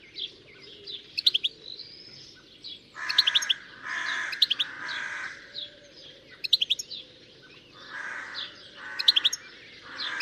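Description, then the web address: Birds calling: repeated harsh, rasping calls mixed with short bursts of high, quick chirps throughout. "Deverinetal. Bird Only"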